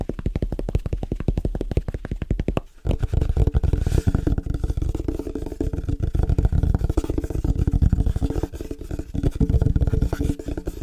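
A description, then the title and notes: Fast, rhythmic tapping on different surfaces, a dense stream of sharp low knocks with a brief gap near the three-second mark. After the pause the taps continue thick and slightly duller, rattling on steadily until the end. ASMR Fast & Rhythmic Tapping On Different Surfaces (No Talking).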